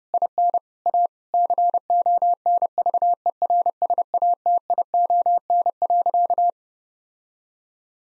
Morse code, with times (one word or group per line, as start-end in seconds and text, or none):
0.1-0.6 IN
0.9-1.1 A
1.3-6.5 CONVERSATION.